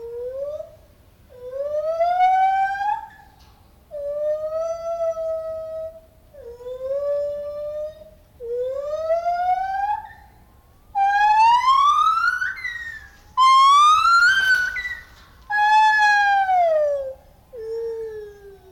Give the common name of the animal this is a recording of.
Lar Gibbon